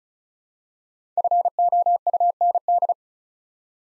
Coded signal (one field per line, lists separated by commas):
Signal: Morse code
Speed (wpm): 36 wpm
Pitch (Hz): 700 Hz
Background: none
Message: FOUND